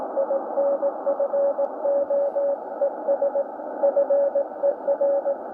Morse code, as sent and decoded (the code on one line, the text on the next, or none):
.. -. ..-. --- . ... / ..-. . .-.
INFOES FER